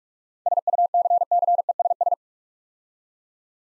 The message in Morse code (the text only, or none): SUCCESS